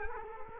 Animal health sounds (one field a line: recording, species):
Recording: mosquito wingbeat signal from an infrared sensor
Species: Culex quinquefasciatus